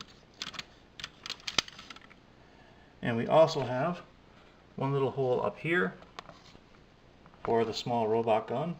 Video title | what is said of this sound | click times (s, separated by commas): transformers review RiD 2001 Optimus Prime | push the robot down a little bit bring his chest in until you hear it snap into place and | 1.6 s